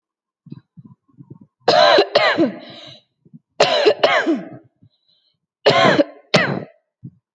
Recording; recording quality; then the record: heavy voluntary cough; excellent, no background noise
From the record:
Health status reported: healthy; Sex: female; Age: 28 years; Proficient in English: yes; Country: India